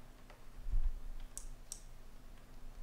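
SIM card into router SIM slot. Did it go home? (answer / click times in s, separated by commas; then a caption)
yes / 1.4 s, 1.7 s. A SIM card is pushed, chip facing down and bevelled corner as marked, into the SIM slot of a Telekom Speedport Hybrid router. Two sharp, high clicks are heard at 1.4 s and 1.7 s over faint low rustling. The card has locked into the slot.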